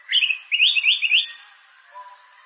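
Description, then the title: Bird singing a rapid series of sharp, sweet chirps, twice in quick succession, then a soft, faint note trailing away. "LuckyPassaro Completos2Sama"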